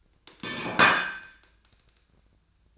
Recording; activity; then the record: daily activity, microphone in the room; place plate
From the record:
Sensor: 2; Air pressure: 1009.2 hPa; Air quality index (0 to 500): 187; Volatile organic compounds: 11 ppm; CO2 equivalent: 2323 ppm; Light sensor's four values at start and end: 23/55/24/26 and 23/56/24/26